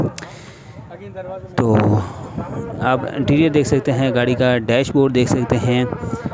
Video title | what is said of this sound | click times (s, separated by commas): 5 Charade car for sale- Reasonable price - Full Modufied car in karachi- #pakwheels #suzukicars | एक चीज़ और है, इसके doors जो है ना बड़े ज़बरदस्त जे अल्लाई की तरह बंद होते हैं टक की आवाज़ से, तो आपको वो भी दिखाते हैं। | 0.2 s